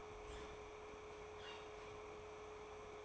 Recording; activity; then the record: daily activity, microphone in the room; open fridge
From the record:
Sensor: 1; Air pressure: 1004.6 hPa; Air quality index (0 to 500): 194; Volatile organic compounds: 17 ppm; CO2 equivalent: 2564 ppm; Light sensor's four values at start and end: 4/10/4/4 and 4/10/4/4